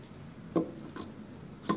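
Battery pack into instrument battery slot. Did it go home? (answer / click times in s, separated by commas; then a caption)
yes / 0.6 s. A battery pack is inserted leads-first into the battery slot on the bottom of a Trimble 773 surveying instrument and pushed until it clicks home, with a sharp click at 0.6 s. A fainter tap follows near 1.0 s and another sharp knock near 1.7 s, over a low background hum. The battery is seated.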